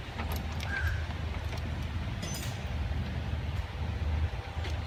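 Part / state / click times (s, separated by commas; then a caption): hood lock latch on a vehicle hood / not seated / none. A Wrangler hood is pushed down onto a newly installed BOLT hood lock so its latch will snap over the lock pin. Only faint metallic taps are heard, including a brief tap at 0.6 s, over a steady low rumble, with no clear snap. The hood lock has not latched or clicked onto the pin yet, and like the first lock it likely needs adjusting.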